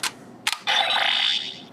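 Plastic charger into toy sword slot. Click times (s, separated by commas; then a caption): 0.5 s. A small plastic charger is pushed into the slot of a plastic Dino Spike Battle Sword toy from Power Rangers Dino Charge, with a short noise at the start and sharp clicks at 0.5 and 0.5 seconds as it seats. The sword then answers with a bright electronic activation sound lasting from about 0.7 to 1.7 seconds before fading.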